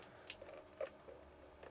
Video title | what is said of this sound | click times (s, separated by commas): I BROKE MY AVID S3! | Line it up, push down, nice little click, there we go. | 0.3 s